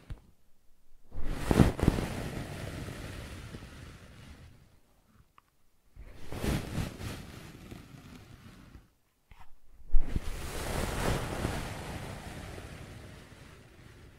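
Brushing and scratching comes in three long strokes, starting around 1, 6 and 10 seconds, each a rough, hissing sweep that fades out over a few seconds. Short silent gaps separate them, and each stroke opens with a sharper scrape before settling into a softer rasp.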